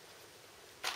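A new spring is being fitted by hand onto the rebuilt piston assembly of a Bandit motorcycle clutch slave cylinder. Quiet low-level background noise runs for most of the clip, then a loud broadband burst begins at about 0.8 s and lasts to the end. Nothing has seated or clicked into place yet.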